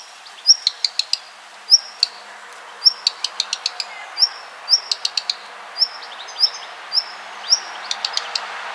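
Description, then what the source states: Black redstart giving brief high whistles interspersed with quick series of hard clicking ticks. Call and alarm call.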